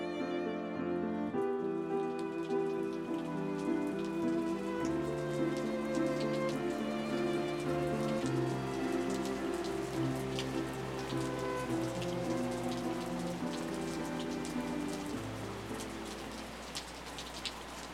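Steady rain patters continuously beneath sustained, layered musical tones, the dense hiss holding an even loudness for most of the stretch before easing slightly near the end.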